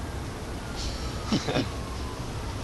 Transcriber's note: chuckles